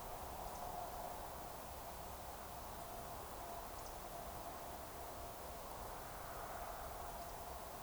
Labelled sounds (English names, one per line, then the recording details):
Eurasian Woodcock whistle
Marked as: whistle, whistle, whistle
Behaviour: display flight
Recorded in Baden-Württemberg, Germany, on 15 June 2020 at 02:23 UTC
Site 43791, 788 m above sea level